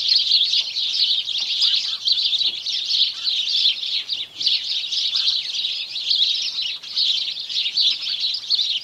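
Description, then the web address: House sparrows in full chorus: thick, rapid chirping from many birds, swelling and briefly dipping several times. Morning chorus of house sparrows. "BBC Sparrows"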